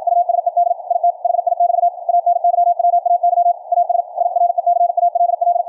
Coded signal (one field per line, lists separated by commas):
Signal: Morse code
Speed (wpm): 56 wpm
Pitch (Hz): 700 Hz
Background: radio noise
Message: USED IT HI<BT> ANYWAY AS I RECALL